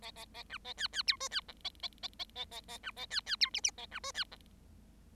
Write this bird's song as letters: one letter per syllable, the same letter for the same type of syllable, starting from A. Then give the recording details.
A A A B A C C D E C F A A A A A A A B A C C D G G A B E C F. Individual Bird7